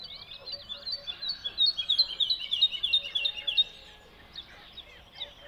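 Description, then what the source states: Bird song in a quick burst of bright twittering notes, then quieter scattered chirps. Song delivered from a tree in the Spanish dehesas.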